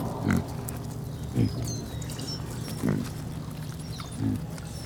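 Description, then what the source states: Pig grunts, four short low grunts spaced one to one and a half seconds apart, with bird whistles above. Piglets, more than one, hanging out.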